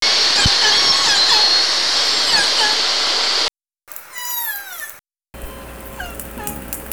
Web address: Nora Learning Orca Calls